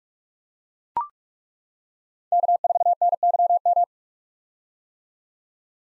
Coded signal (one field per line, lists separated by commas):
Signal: Morse code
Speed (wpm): 42 wpm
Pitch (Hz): 700 Hz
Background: none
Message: K4NYM